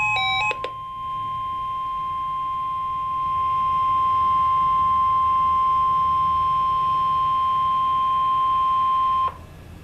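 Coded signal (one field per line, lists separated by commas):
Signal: Emergency Alert System (SAME) tones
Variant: 1050 Hz attention tone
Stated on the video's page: Severe thunderstorm watch alert recorded with a camcorder.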